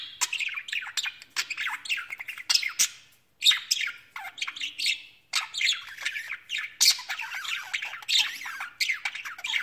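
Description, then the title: Budgerigar warble: busy, scratchy chattering and squeaky notes, continuous except one short pause, with occasional sharp higher squeaks. "Budgie Sounds"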